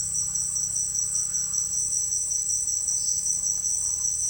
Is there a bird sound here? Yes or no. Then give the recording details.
no. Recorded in secondary vegetation near Puerto Asís, Putumayo, Colombia, on 26 December 2024 at 08:00. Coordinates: 0.484, -76.319. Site GP06